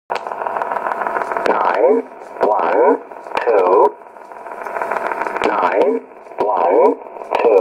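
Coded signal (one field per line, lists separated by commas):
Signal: numbers station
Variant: E07a, English male voice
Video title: 15 06 2017 Numbers station E07a English Man in English to Eu 0450 on 9133 in USB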